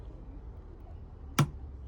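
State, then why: Released. A plastic trim panel clip in the side trim of a Fiat Ducato van is squeezed with pinch pliers to release it. After quiet low background noise, a single sharp click sounds at 1.4 s as the clip releases.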